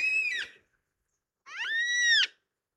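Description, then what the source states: Yellow-tailed black cockatoo wailing cries, two long harmonic calls, the first falling and the second slightly rising then falling, separated by a short silence. Three birds flying overhead, jet black against a blue sky, about a 3-foot wingspan; wailing cry described as an amazing voice; forest in southeastern Australia.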